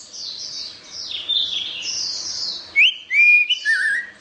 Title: Anis Merah